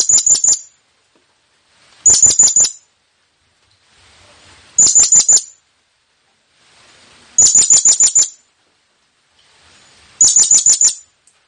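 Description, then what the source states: Blue-crowned hanging parrot calls: five bursts of rapid, sharp, very high chirps, repeated roughly every two and a half seconds, with little else heard. Calling sound for attracting the birds.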